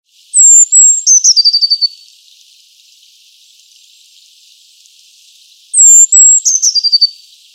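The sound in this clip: Eurasian blue tit song: two thin, very high sustained notes followed by a quick trill of falling notes, the phrase given twice about five seconds apart, with faint background hiss.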